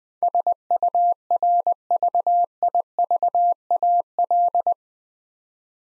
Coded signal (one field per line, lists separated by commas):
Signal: Morse code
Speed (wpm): 20 wpm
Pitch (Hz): 700 Hz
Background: none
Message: SURVIVAL